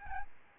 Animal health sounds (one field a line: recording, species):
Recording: mosquito wingbeat signal from an infrared sensor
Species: Aedes albopictus